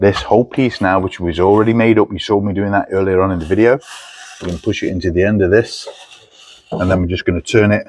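The assembled water sensor probe piece is pushed into the end of a hot tub fitting and turned. Someone talks throughout, with a soft rubbing, rasping sound between phrases around 3.9–4.4 s and 5.7–6.7 s. Nothing has seated or clicked yet.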